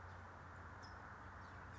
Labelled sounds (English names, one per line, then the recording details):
California Towhee
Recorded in Sonoma County, California